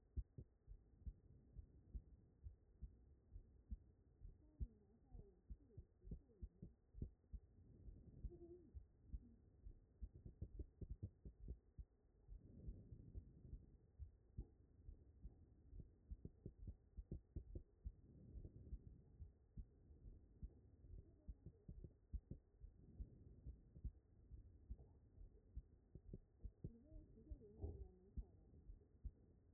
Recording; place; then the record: heart sounds by stethoscope; aortic valve (AV)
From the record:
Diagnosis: non-HFrEF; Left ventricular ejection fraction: 58%